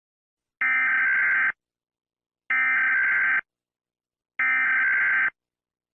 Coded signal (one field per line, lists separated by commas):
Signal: Emergency Alert System (SAME) tones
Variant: header bursts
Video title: EAS Scenario #4 The Grand Finale 1/2 The Second Coming Of Donater [Season 2]